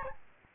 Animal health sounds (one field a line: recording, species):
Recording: mosquito wingbeat signal from an infrared sensor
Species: Aedes albopictus